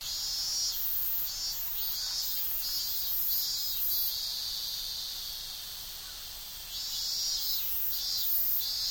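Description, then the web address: Cicadas droning in a shrill, pulsing chorus that thins for a few seconds in the middle, then surges back loudly near the end. Summer insect ambience in Tokyo, stereo. "Sound Effects-Foundation 1 AMBIENCE TOKYO SUMMER INSECTS CICADAS"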